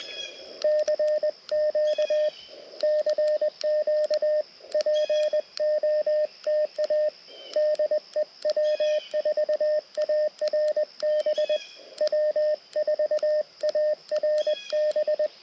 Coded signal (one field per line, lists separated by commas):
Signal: Morse code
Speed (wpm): 20 wpm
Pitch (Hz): 610 Hz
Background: radio noise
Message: CQ CQ POTA DE W4ARB W4ARB